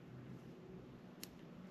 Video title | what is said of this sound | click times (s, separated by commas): Part 1 of 2 of how to build the wring harness and install Aux switches in a 2019+ Ram 2500/3500. | You hear the pin click. So that's good. | 1.2 s